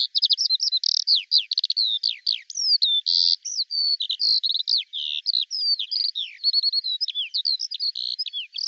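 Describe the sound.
Bird song, a rapid, continuous run of varied high chirps, trills and sweeping whistled notes with no pauses, over a silent background.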